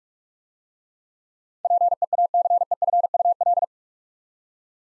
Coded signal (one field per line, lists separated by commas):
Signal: Morse code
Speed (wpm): 44 wpm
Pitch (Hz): 700 Hz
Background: none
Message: PEACEFUL